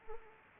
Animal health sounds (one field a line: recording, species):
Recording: mosquito wingbeat signal from an infrared sensor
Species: Anopheles arabiensis